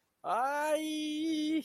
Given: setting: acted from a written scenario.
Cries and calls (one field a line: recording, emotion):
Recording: vocal sound without words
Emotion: pain